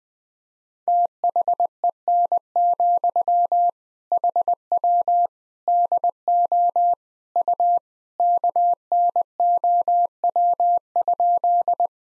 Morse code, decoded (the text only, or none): THEN, HW DO U KNOW?